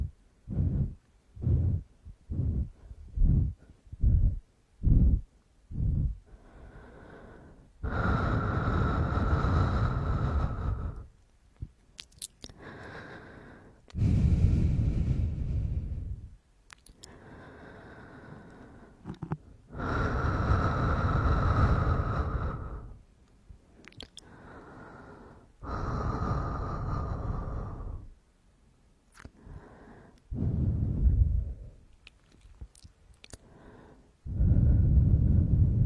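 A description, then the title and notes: Airy breathing opens with a quick run of short panting gasps, about two per second, for the first six seconds. It then slows into long, drawn breaths lasting two to three seconds each, separated by brief pauses and an occasional sharp sniff. The sound of breathing and gasping.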